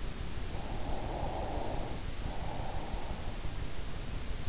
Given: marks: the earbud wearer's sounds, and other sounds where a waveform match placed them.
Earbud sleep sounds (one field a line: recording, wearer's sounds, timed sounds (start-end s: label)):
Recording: sounds in sleep by an in-ear microphone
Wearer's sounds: breath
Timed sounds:
0.52-3.55 s: breath